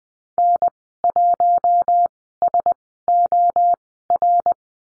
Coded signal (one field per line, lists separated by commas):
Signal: Morse code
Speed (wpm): 20 wpm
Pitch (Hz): 700 Hz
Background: none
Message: N1SOR